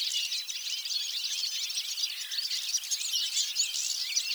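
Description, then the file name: European goldfinch chorus of high, rapid twitters and chirps, continuous and even in loudness across the short stretch. "Carduelis carduelis"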